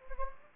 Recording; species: mosquito wingbeat signal from an infrared sensor; Anopheles gambiae